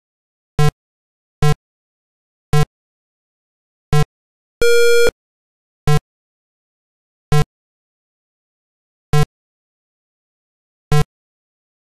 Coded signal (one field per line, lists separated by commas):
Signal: none